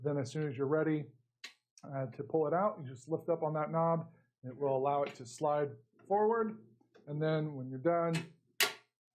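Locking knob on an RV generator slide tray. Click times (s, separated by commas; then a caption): 8.6 s. Someone talks about the spring locking knob on a metal MORryde RV generator slide-out tray, which keeps the tray from moving around while driving and is lifted to let the tray slide forward. The tray is then pushed back in, and a sharp click at 8.6 s marks the knob dropping into place and locking it.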